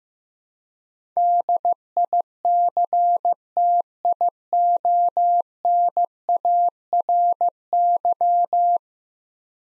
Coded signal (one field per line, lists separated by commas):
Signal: Morse code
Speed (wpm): 15 wpm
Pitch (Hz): 700 Hz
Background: none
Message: DICTIONARY